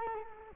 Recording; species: mosquito wingbeat signal from an infrared sensor; Culex quinquefasciatus